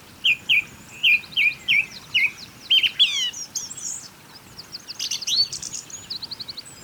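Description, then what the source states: Birds singing a series of loud, repeated high whistled notes, then a rapid run of fast chirps and trills, over faint background hiss. Birds singing beside a small river.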